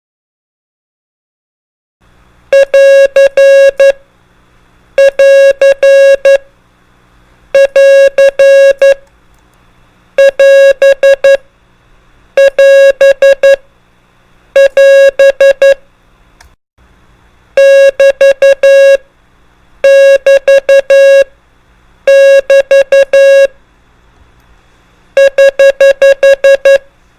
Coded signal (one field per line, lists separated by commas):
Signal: Morse code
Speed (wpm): 11 wpm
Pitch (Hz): 550 Hz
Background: music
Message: <AR> <AR> <AR> <AS> <AS> <AS> <BT> <BT> <BT> <HH>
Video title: PROCEDURAL SIGNALS PROSIGNS IN MORSE CODE | MOST COMMONLY USED ABBREVIATIONS IN CW